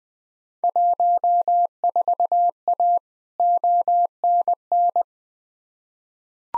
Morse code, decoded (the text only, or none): 14A ONN